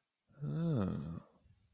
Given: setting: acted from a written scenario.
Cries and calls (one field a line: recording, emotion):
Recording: vocal sound without words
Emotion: desire